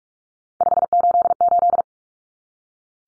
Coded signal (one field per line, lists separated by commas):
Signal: Morse code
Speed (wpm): 44 wpm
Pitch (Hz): 700 Hz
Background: none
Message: 588